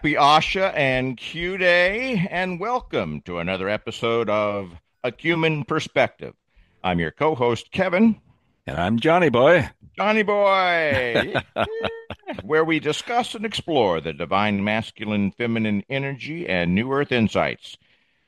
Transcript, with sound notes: Happy ASHA and Q Day, and welcome to another episode of A Human Perspective. I'm your co-host, Kevin.
And I'm Johnny boy.
Johnny boy.
(laughs)
Whoo! Where we discuss and explore the divine masculine feminine energy and new earth insights.